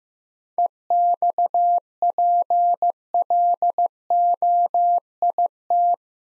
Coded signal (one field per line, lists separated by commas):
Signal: Morse code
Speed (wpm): 15 wpm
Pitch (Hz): 700 Hz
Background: none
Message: EXPLOIT